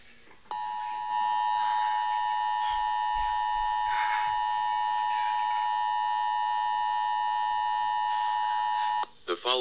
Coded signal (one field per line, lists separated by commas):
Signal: Emergency Alert System (SAME) tones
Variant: 853 and 960 Hz attention tone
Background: speech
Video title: Required Monthly Test On AM/FM [EAS #354]